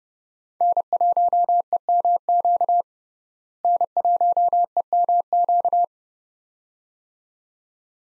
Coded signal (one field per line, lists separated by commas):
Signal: Morse code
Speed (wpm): 30 wpm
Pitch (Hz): 700 Hz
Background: none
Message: N1EMQ N1EMQ